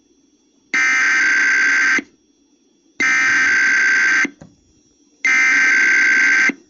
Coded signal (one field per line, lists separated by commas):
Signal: Emergency Alert System (SAME) tones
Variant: header bursts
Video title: 9/25/22 KDKA RWT+WAHC Relay EAS#241-#242